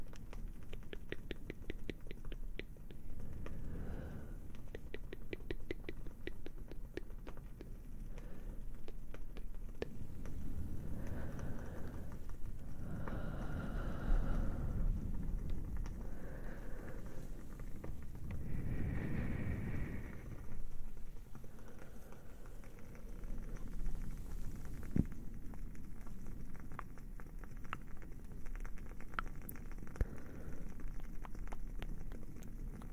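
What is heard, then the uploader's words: A fire crackles steadily, with rapid, dense pops and ticks over a soft, low rumble. The clicks thin out in the middle, where muffled, murmuring tones drift in. A sharper snap stands out around twenty-five seconds. ASMR plucking away the negative things - cozy fire sounds, crackling candle.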